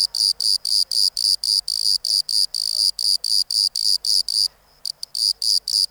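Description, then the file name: Bordeaux cricket singing in quick high chirps about four a second, with one short pause near the end before the rhythm resumes. "Modicogryllus bordigalensis"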